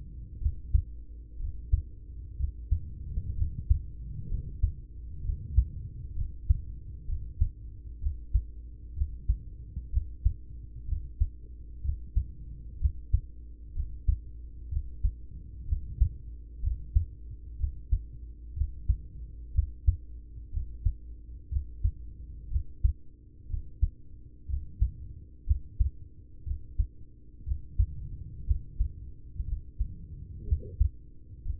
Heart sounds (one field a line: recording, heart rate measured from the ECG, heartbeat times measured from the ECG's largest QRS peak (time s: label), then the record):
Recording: heart sounds by stethoscope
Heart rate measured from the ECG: 62 bpm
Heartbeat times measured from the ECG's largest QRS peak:
0.37 s: heartbeat
1.36 s: heartbeat
2.36 s: heartbeat
3.33 s: heartbeat
4.26 s: heartbeat
5.21 s: heartbeat
6.12 s: heartbeat
7.04 s: heartbeat
7.98 s: heartbeat
8.93 s: heartbeat
9.89 s: heartbeat
10.85 s: heartbeat
11.81 s: heartbeat
12.77 s: heartbeat
13.72 s: heartbeat
14.68 s: heartbeat
15.65 s: heartbeat
16.59 s: heartbeat
17.56 s: heartbeat
18.53 s: heartbeat
19.51 s: heartbeat
20.49 s: heartbeat
21.48 s: heartbeat
22.47 s: heartbeat
23.46 s: heartbeat
24.45 s: heartbeat
25.43 s: heartbeat
26.43 s: heartbeat
27.43 s: heartbeat
28.43 s: heartbeat
29.44 s: heartbeat
30.44 s: heartbeat
31.41 s: heartbeat
From the record:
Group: heart failure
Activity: rest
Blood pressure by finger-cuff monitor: 95/53 mmHg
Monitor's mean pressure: 68 mmHg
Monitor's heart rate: 62 bpm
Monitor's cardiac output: 5.8 L/min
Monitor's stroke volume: 94 mL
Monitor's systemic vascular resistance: 840 dyn s/cm5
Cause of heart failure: ischemic heart disease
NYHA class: 1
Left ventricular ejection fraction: 33%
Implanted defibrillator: present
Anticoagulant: apixaban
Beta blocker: carvedilol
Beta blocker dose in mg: 18.75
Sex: male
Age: 39 years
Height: 168 cm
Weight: 72 kg